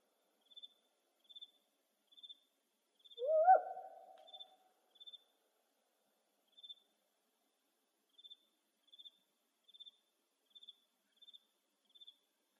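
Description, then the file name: Single harsh, rising owl bark with a scratchy fading tail, typical of spotted owl, amid regularly spaced faint high-pitched insect chirps. Recorded in Arizona, May 31, 2006. "SPOW 4 B deviche"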